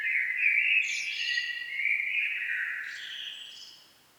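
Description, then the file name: Common blackbird song: a steady, low, mellow warble with brief high squeaky notes, fading at the end. "Turdus merula"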